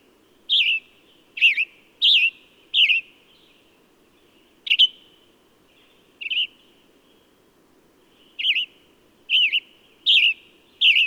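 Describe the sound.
Bird repeating short, twisting chirps about ten times with irregular gaps, some in brisk runs and others isolated, against a soft steady tone and low hum.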